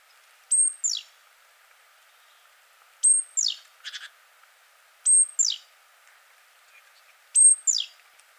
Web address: SETE data Parus major